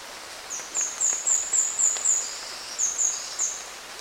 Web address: sound Speckled-spinetail. صدای-پرنده-دمخاری-خالدار